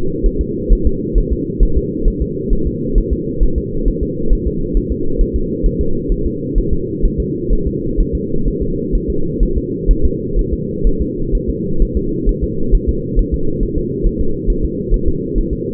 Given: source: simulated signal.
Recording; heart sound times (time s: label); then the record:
fetal heart sounds
0.26 s: S1
0.41 s: S2
0.72 s: S1
0.87 s: S2
1.18 s: S1
1.33 s: S2
1.63 s: S1
1.77 s: S2
2.08 s: S1
2.22 s: S2
2.53 s: S1
2.67 s: S2
2.98 s: S1
3.13 s: S2
3.43 s: S1
3.58 s: S2
3.88 s: S1
4.03 s: S2
4.33 s: S1
4.47 s: S2
4.77 s: S1
4.92 s: S2
5.21 s: S1
5.36 s: S2
5.66 s: S1
5.81 s: S2
6.12 s: S1
6.26 s: S2
6.58 s: S1
6.73 s: S2
7.05 s: S1
7.20 s: S2
7.53 s: S1
7.67 s: S2
8.00 s: S1
8.15 s: S2
8.48 s: S1
8.62 s: S2
8.95 s: S1
9.10 s: S2
9.43 s: S1
9.58 s: S2
9.91 s: S1
10.05 s: S2
10.39 s: S1
10.53 s: S2
10.87 s: S1
11.02 s: S2
11.35 s: S1
11.49 s: S2
11.82 s: S1
11.97 s: S2
12.29 s: S1
12.44 s: S2
12.75 s: S1
12.89 s: S2
13.19 s: S1
13.34 s: S2
13.63 s: S1
13.78 s: S2
14.06 s: S1
14.21 s: S2
14.50 s: S1
14.65 s: S2
14.94 s: S1
15.08 s: S2
15.38 s: S1
15.53 s: S2
From the record:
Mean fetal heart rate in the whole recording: 130 bpm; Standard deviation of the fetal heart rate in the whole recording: 4 bpm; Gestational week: 38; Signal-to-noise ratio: -8.1 dB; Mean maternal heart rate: 72 bpm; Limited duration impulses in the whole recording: absent